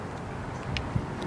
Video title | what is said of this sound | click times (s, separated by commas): personal radio talk! baofeng GT-5R pro, walk through, programming, accessories and more! | Put it a little closer to the top. It snaps right in. Oh, yeah. | 0.8 s